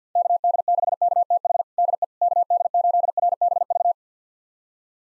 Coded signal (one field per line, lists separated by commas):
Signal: Morse code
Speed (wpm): 50 wpm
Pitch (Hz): 700 Hz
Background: none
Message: KD6KTH DE KD8RBV